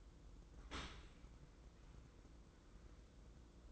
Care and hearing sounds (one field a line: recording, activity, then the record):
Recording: daily activity, microphone in the room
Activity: open dishwasher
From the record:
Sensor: 3